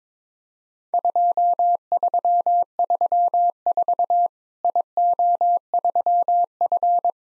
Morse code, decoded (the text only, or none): 2334 IO3F